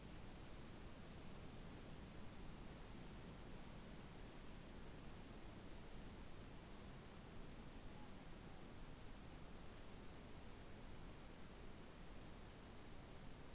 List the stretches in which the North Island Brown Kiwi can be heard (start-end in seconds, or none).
none